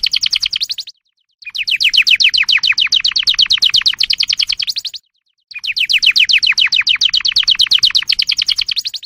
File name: Oiseaux du Canari